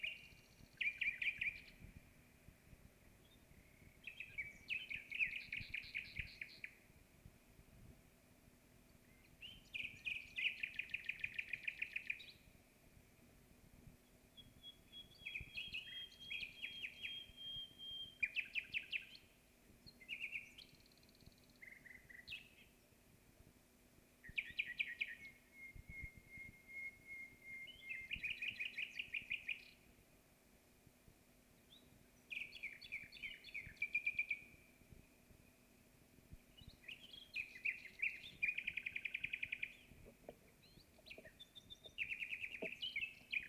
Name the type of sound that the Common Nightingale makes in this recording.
song